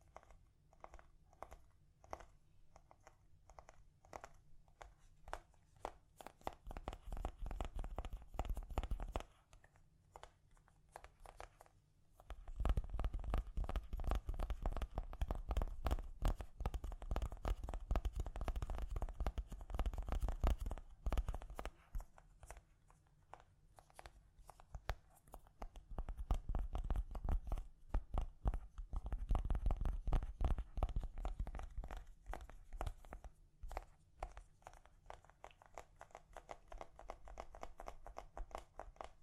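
Gentle tapping in dense, rapid bursts that swell and fade, loudest around 6–9, 12–21 and 27–32 seconds, with quieter rustling between.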